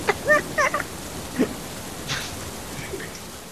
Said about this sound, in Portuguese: Eu acho que ele falou alguma coisa, não deu pra ouvir, porque tá trovejando e chorando muito.